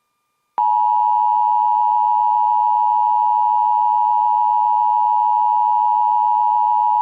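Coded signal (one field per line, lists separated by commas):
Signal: Emergency Alert System (SAME) tones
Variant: 853 and 960 Hz attention tone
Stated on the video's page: Administrative message aired on a radio station.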